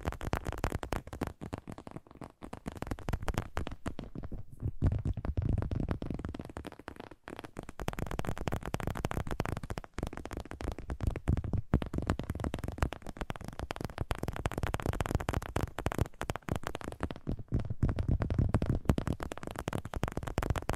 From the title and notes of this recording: ASMR 1 Hour Fast Tapping for Sleep (No Talking).